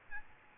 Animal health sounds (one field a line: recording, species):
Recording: mosquito wingbeat signal from an infrared sensor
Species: Aedes albopictus